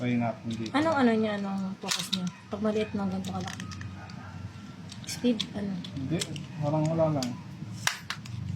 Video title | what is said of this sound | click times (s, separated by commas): BEYBLADE X BX-00 COBALT DRAGOON UNBOXING | Hirap nga lang pag ano ganito. Ayaw kumagat. | none